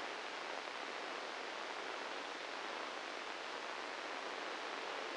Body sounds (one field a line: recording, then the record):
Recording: brain microelectrode recording played as sound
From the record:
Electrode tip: inside the subthalamic nucleus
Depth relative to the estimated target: 5 mm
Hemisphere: right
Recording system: NeuroSet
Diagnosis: Parkinson's disease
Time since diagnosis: 9 years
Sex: male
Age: 56 years